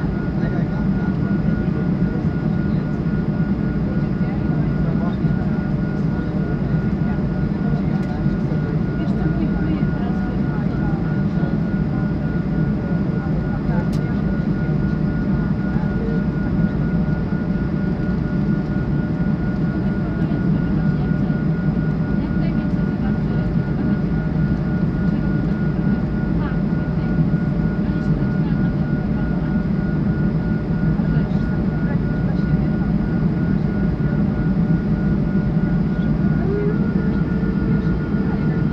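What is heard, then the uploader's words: An airplane waits for departure, its engines holding a steady, dense low rumble for the whole stretch. A thin constant whine sits above the roar without changing pitch. Faint voices seem to surface now and then beneath the noise. Airplane waiting for departure. Waiting to leave San Antonio.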